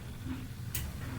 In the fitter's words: as you see how simple that was this locks into place there and the front latch gets popped back into place as well here we go